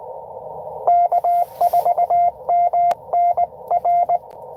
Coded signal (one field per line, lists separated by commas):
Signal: Morse code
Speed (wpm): 22 wpm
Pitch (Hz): 700 Hz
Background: radio noise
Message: K4MNR